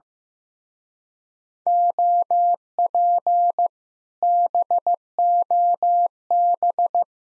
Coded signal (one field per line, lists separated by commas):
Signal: Morse code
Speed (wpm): 15 wpm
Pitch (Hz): 700 Hz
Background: none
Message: OP BOB